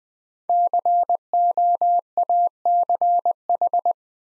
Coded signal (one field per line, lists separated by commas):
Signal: Morse code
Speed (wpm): 20 wpm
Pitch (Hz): 700 Hz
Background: none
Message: COACH